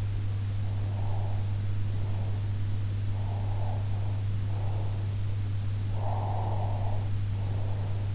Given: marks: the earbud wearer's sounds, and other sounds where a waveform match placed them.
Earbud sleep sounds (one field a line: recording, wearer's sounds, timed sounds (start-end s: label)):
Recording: sounds in sleep by an in-ear microphone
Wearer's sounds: breath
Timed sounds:
0.61-2.52 s: breath
3.06-5.21 s: breath
5.84-8.15 s: breath